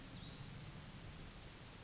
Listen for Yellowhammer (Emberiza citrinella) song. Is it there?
no